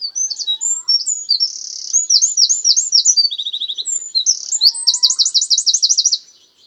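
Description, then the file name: Eurasian wren song: a loud, high, rapid outpouring of sharp warbled notes and trills lasting about six seconds, with a fast rattling trill midway. "Troglodytes troglodytes"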